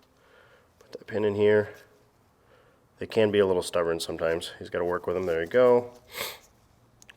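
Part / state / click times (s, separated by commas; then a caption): retaining pin into dirt bike air filter cage / seated / 7.0 s, 7.1 s. A retaining pin is pushed into a plastic dirt bike air filter cage while someone talks for most of the clip. Two quick, sharp snaps come at 7.0 s and 7.1 s as the pin pops in and seats.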